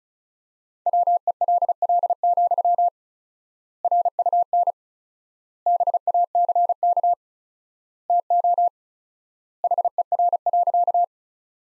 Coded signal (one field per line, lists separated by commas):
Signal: Morse code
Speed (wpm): 34 wpm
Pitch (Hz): 700 Hz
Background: none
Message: WELL, RUN BACK TO HER.